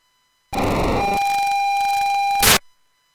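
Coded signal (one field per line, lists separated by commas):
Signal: POCSAG pager data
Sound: hiss, then a short rasping buzzy data burst, then a squelch noise burst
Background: radio static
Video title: POCSAG P2000 system 169 650 MHz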